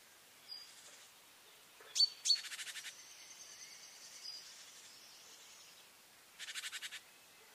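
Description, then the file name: Great tit calling faintly: a pair of sharp high notes followed by a buzzy churr, then a thin whistle and another brief churr over a soft hiss. "Parus major"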